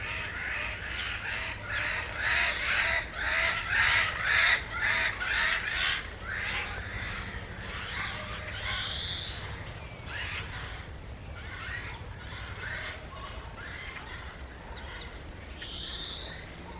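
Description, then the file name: Eurasian jay uttering a rapid run of grating, rasping notes for several seconds, then quieter, with two brief rising squeaky notes later. "Garrulus glandarius"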